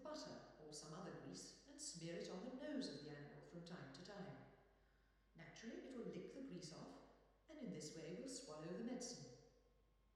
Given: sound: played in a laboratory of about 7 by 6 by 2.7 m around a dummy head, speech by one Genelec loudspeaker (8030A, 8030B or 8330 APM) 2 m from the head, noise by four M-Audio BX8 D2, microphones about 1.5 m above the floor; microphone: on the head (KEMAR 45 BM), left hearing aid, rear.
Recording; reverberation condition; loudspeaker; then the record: female speech in English; high; behind (180 degrees)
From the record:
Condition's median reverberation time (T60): about 1300 ms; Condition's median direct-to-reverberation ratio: about -4.0 dB